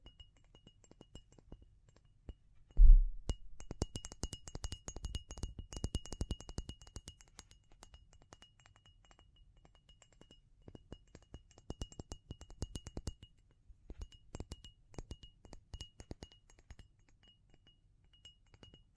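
Tapping and scratching in quick, irregular bursts of sharp clicks, with a loud knock near three seconds and dense clicking through about seven seconds. After a quieter stretch, lighter tapping resumes around eleven seconds. A faint, steady high tone runs underneath for much of it.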